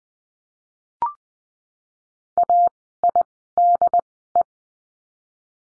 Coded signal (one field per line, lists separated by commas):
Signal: Morse code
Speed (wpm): 20 wpm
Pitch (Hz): 700 Hz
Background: none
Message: A I D E